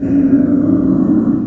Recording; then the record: squeal of a Yucatan mini pig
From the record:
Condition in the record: after surgery on the right vocal fold (resection and tissue-engineered implant); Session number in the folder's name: 5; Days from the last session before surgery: 33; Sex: female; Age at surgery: 19 weeks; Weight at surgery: 25 kg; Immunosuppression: prednisolone